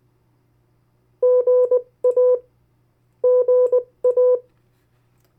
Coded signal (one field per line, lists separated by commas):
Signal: Morse code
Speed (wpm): 19 wpm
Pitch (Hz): 500 Hz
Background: none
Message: GA GA